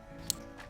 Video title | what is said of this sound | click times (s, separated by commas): Gra-Mag SteadyRide Install | When installing them, please make sure you hear the click. | 0.3 s